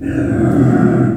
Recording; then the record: squeal of a Yucatan mini pig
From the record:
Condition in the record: after surgery on the right vocal fold (resection and tissue-engineered implant); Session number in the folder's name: 3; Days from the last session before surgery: 21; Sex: female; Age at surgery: 19 weeks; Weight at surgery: 25 kg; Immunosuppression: prednisolone